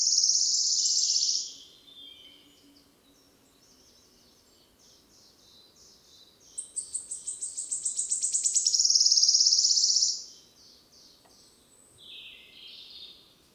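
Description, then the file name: Wood warbler: a trill fades out, soft scattered notes follow, then rapid stuttering ticks accelerate into a loud, sizzling trill, with a quieter note afterward. Recorded 10 May 2008. "20080510 1117 Phylloscopus sibilatrix"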